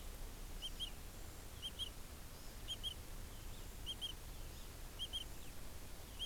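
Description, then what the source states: Insect chirping in paired high pulses, a burst about every second, over a low background rumble. Recorded in a pasture.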